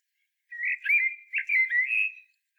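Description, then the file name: Common blackbird delivering a single flowing phrase of soft, mellow whistles that blend into one another. "Turdus merula"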